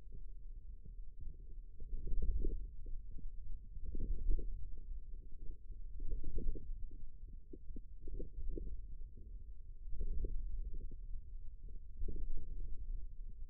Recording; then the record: forearm muscle sounds (acoustic myography)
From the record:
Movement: ulnar deviation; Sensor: system 2, bracelet of six BSWA MPA416 microphones around the upper forearm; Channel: 3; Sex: male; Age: 22 years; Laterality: right